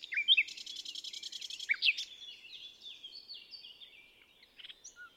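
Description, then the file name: Common nightingale song: a quick buzzy rattle and sharp downslurred notes early on, fading into softer varied chirps. "Luscinia megarhynchos"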